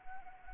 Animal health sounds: mosquito wingbeat signal from an infrared sensor; Anopheles arabiensis

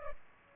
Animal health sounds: mosquito wingbeat signal from an infrared sensor; Culex pipiens

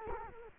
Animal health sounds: mosquito wingbeat signal from an infrared sensor; Culex quinquefasciatus

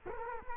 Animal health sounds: mosquito wingbeat signal from an infrared sensor; Culex quinquefasciatus

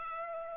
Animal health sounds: mosquito wingbeat signal from an infrared sensor; Culex pipiens

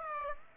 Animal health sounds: mosquito wingbeat signal from an infrared sensor; Aedes aegypti

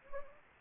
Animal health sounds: mosquito wingbeat signal from an infrared sensor; Anopheles gambiae

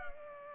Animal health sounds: mosquito wingbeat signal from an infrared sensor; Culex pipiens

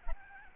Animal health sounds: mosquito wingbeat signal from an infrared sensor; Aedes albopictus

